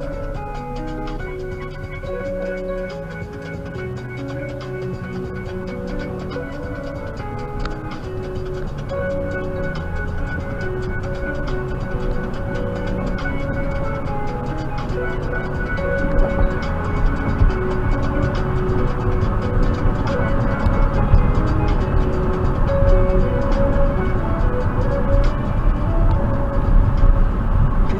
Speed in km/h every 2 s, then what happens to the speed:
6, 8, 18, 27, 39, 50, 58, 61, 64, 68, 68, 68, 66, 64.
0-17 speeds up to 68. 17-28 steady at about 68.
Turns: none.